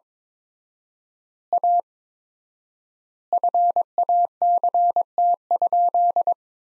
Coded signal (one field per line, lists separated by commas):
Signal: Morse code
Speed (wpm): 22 wpm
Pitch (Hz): 700 Hz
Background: none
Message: A FACT?